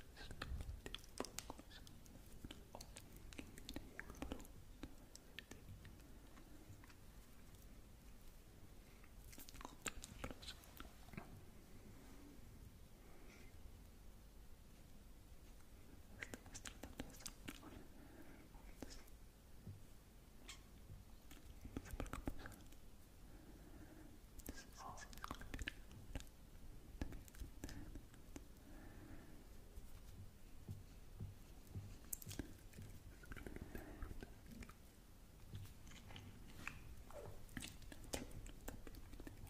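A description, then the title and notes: Soft, wet mouth sounds fill the recording: clicks, smacks and lip pops scattered irregularly throughout, with denser clusters around 10, 17, 22 and 32 seconds. Beneath them runs a low, breathy murmur of inaudible whispering at a steady, quiet level. Mouth Sounds.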